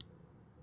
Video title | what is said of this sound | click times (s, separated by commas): Real ruby, Pure zinc bracelets & More gold copy designs 7006244709 | okay అలా lock అయిపోతుంది. | 0.0 s